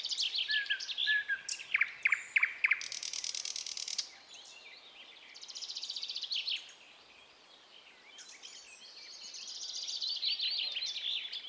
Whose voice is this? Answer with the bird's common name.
Thrush Nightingale